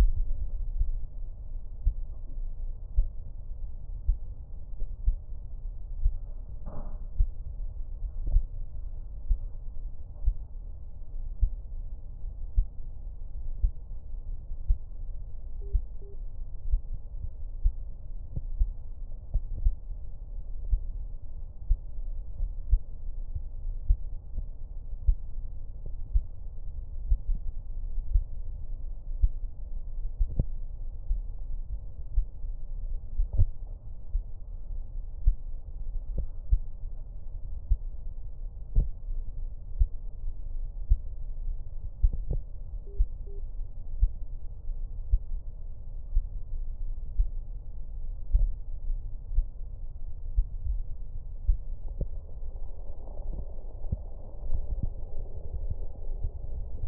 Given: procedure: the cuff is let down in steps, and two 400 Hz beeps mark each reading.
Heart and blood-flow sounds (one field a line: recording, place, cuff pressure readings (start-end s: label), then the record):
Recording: Korotkoff sounds by stethoscope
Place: brachial artery, at the lower edge of an arm cuff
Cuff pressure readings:
15.62-16.14 s: 90 mmHg
42.87-43.39 s: 85 mmHg
From the record:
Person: healthy adult, 24 to 32 years, lying on the back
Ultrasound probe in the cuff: middle